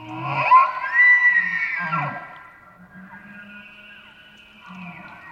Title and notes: Wild Elk Bugles. Elk bugles, that most quintessential of elk sounds. multiple herds surround campsite in early morning hours. Recorded in the Beautiful Pacific Northwest in Washington, Untied States